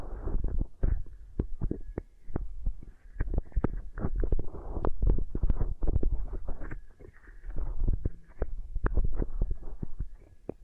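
Beeswax is worked against the ear in a thick run of soft thuds and sticky crackles, with brief sharp taps landing every fraction of a second. The sound stays low and muffled, swelling and easing in waves, with quieter stretches near the three-, seven- and ten-second marks.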